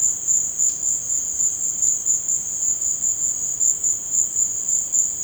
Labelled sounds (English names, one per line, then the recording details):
none
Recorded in dense forest near Puerto Asís, Putumayo, Colombia, on 19 March 2025 at 16:30
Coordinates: 0.481, -76.323
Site G088